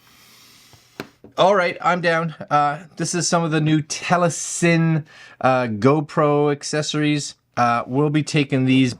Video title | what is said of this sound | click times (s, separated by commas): Awesome New Telesin Products. Perfect GoPro Neck Mount!! | you need that little push there to unlock it to get it and then you you hear it kind of snap into place | 1.0 s